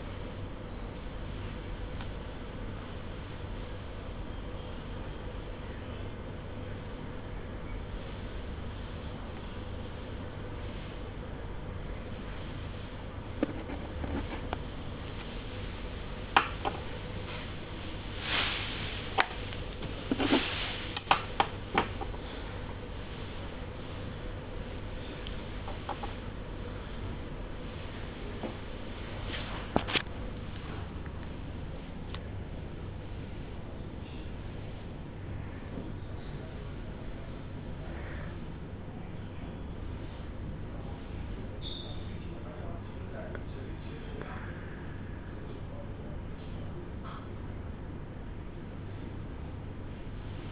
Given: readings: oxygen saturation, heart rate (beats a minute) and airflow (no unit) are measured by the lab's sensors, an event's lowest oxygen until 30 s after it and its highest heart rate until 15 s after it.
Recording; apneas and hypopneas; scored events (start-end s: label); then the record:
a person awake in a sleep study, by a smartphone at the bedside; none
0.00-50.51 s: awake
From the record:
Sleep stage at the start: awake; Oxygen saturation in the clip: 94 to 95%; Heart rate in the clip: 63 to 65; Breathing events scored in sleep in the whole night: 305 in 9.6 hours asleep